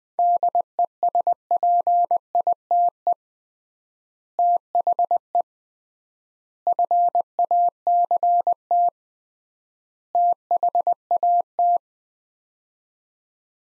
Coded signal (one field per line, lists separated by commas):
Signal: Morse code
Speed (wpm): 20 wpm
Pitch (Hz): 700 Hz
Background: none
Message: DESPITE THE FACT THAT